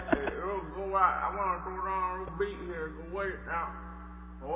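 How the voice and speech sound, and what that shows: Flat, buzzy, monotone mechanical voice with unclear words, typical of electrolarynx speech, from an adult man who has had a laryngectomy.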